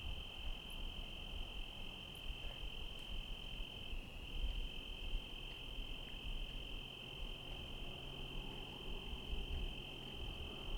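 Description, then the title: Cricket sings one even, continuous high buzz, with a few faint ticks early on and a soft low wash of rain and traffic. Night ambience in Trinity County, California, USA, on 17/10/25 around 05:06, with rain and cars; recorded on a Zoom H1 with internal XY mics. "Trinity County, Californie, États-Unis d'Amérique - 17_10_25_05_06 grillons nuit voitures PLUIE"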